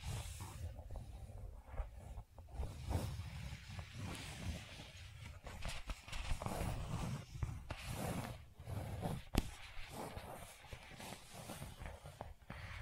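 Gentle scratching comes in short, irregular strokes, each a brief rasp, with a few sharper ones around the eighth and ninth seconds. Underneath, a steady low rumble runs the whole way, and the level stays fairly even throughout.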